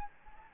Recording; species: mosquito wingbeat signal from an infrared sensor; Anopheles gambiae